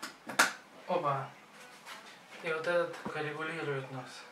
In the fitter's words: здесь у нас ремешочек ставлю до щелчка